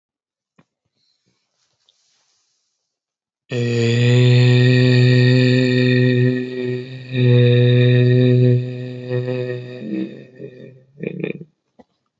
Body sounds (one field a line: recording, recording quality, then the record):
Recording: sustained vowel as in made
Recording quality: excellent, no background noise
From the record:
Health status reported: healthy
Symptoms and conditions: none ticked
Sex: male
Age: 30 years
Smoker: not ticked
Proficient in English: yes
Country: India